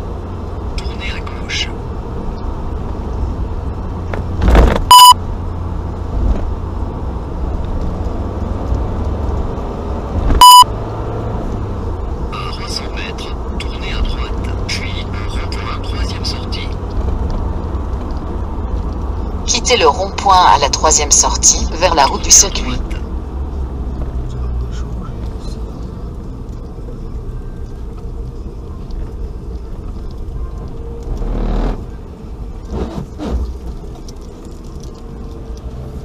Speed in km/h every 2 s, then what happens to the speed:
59, 62, 61, 59, 57, 58, 62, 68, 72, 70, 67, 62, 52, 40, 33, 29, 31, 28.
0-9 steady at about 59. 9-15 speeds up to 72. 17-29 brakes to 29. 29-36 steady at about 29.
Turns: none.